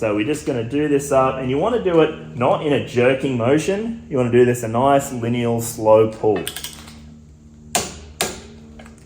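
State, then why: Torque reached. Someone talks while slowly and steadily pulling a click-type torque wrench to tighten the flywheel nut on a Shovelhead motorcycle engine crankshaft. The wrench gives two sharp clicks at 7.8 s and 8.2 s, confirming 50 ft-lb has been reached.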